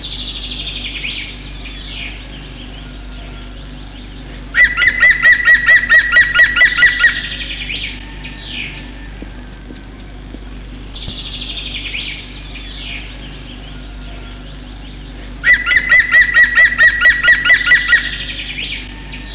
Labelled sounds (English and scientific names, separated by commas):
European Green Woodpecker (Picus viridis) song